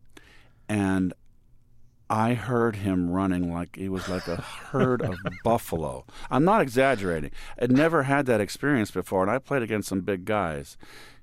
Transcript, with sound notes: And I heard him running like - he was like a herd of buffalo.
(Laughter).
I'm not exaggerating. I'd never had that experience before, and I played against some big guys.